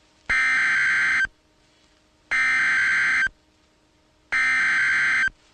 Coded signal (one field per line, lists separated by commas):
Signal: Emergency Alert System (SAME) tones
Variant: header bursts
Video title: EAS Alert #133- Severe T-storm Warning 5/30/12